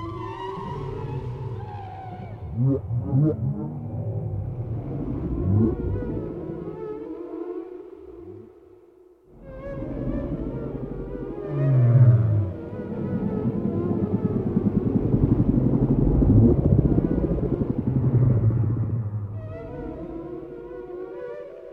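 Whale sounds fill the recording with deep, rumbling calls and slow moans that rise and fall. A brief near-silence breaks in around seven to nine seconds, then the low groans return, swelling loudest near twelve seconds with wavering higher tones above.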